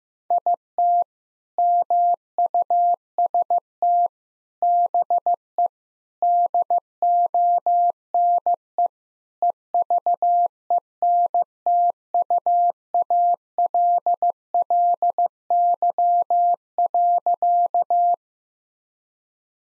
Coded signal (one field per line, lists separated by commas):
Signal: Morse code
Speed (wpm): 16 wpm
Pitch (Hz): 700 Hz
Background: none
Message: IT MUST BE DONE EVENTUALLY.